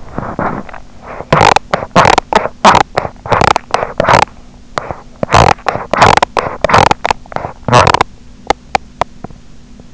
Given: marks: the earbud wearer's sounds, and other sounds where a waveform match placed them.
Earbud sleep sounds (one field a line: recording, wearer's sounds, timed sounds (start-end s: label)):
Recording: sounds in sleep by an in-ear microphone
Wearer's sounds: teeth grinding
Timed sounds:
0.00-9.50 s: teeth grinding